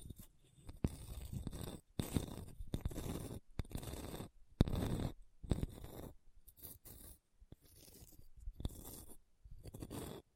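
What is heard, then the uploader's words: Scratching across a hard, bumpy surface comes in short, rough strokes of about a second each, separated by brief silences. The strokes are gritty and uneven, with small clicks and knocks as the scraper catches on bumps. Some passes are louder and sharper, others softer. ASMR Hard and Bumpy Surface Scratching (No Talking).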